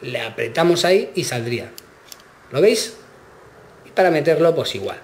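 Someone talks while handling a microSD card at the spring-loaded push-push card slot on the underside of a JXD S7100B handheld tablet/console, pressing it to eject and showing how it goes back in. Speech fills most of the clip with quiet gaps between phrases. Nothing has seated or clicked yet.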